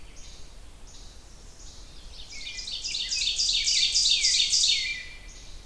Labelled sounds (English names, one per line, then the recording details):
Ovenbird song
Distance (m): 15 m
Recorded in boreal forest in Alberta, Canada, on 29 June 2016 at 07:16
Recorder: SongMeter 3, array SBT-6-79
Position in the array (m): 8 m, 102 m
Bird 40